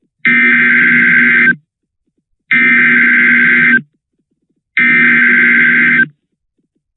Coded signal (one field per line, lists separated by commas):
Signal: Emergency Alert System (SAME) tones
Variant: header bursts